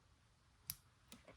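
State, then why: Seated. A wire terminal is pushed through a plastic connector housing while installing steering column wiring on a 1966 Mustang Fastback. A sharp click at 0.7 s shows the terminal seating, followed by fainter ticks at about 1.1 s and 1.3 s. The terminal is seated in the housing.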